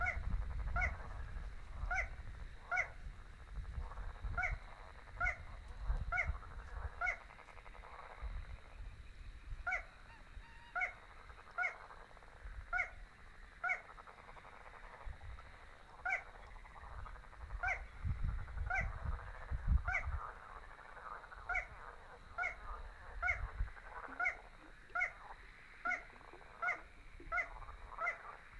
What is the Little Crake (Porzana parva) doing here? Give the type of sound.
song